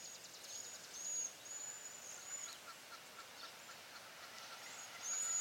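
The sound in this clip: Cedar waxwing calls, thin high sibilant whistles, drawn out and slightly wavering, occurring in a loose series over constant hiss.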